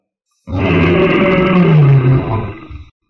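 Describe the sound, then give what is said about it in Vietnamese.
A single huge, drawn-out roar from a giant sand beast raising its head to the sky, deep and guttural with a sliding low pitch, bursting in loudly and fading over about two and a half seconds, with no voices. “Sa thú cực lớn bỗng nhiên ngẩng đầu, ngửa mặt lên trời phát ra một tiếng rống to thê lương.”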